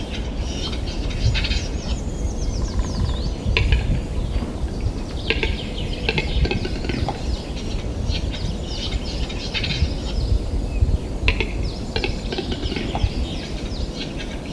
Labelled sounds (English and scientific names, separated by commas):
Western Capercaillie (Tetrao urogallus)